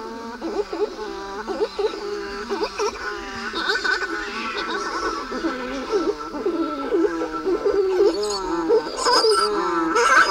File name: Buller's Shearwater